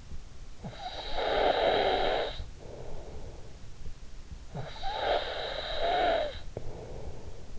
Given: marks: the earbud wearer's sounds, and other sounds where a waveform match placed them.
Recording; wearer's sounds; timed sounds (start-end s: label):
sounds in sleep by an in-ear microphone; snoring breath
0.25-3.76 s: snoring breath
4.19-7.59 s: snoring breath